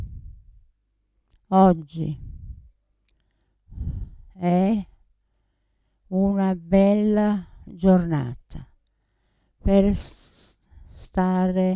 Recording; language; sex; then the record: read phrases; Italian; female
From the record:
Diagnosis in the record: Parkinson's disease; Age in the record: 80 years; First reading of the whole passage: 169 s, 3.1 characters per second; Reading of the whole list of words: 101 s, 2.8 characters per second